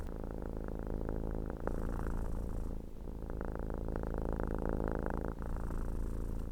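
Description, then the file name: Domestic cat purring continuously, a deep fluttering rumble that rises and falls with each breath, with short pauses between breathing cycles. "Felis silvestris catus purrs"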